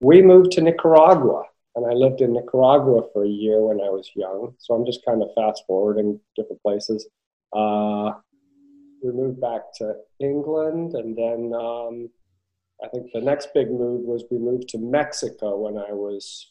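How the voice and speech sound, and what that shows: An adult man who has stuttered since about age 3, and who had intensive therapy at 19, speaks conversationally in a low voice, mostly fluently. Occasional disfluencies: a held 'uh' lasting over half a second, stretched vowels on 'to' and 'then', and silent pauses before restarting. These are mild stuttering prolongations and blocks.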